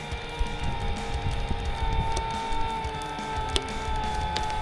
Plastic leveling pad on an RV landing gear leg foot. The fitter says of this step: And it snap in place.